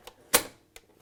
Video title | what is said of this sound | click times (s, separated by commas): Sewing Street - 11/10/2020 - Cross cushion with Angela | they lock into place when you're threading it | 0.4 s